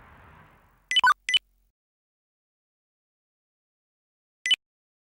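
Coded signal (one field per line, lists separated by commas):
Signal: none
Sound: device test beeps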